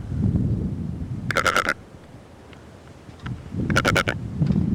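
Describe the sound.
Secretarybird uttering two short, rasping, buzzy calls about two and a half seconds apart over a low rumbling background.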